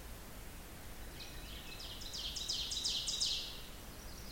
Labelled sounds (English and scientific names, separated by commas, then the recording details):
Ovenbird (Seiurus aurocapilla) song
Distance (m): 45 m
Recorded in boreal forest in Alberta, Canada, on 16 June 2016 at 06:12
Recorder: SongMeter 3, array SBT-3-32
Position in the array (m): 113 m, 145 m
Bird 37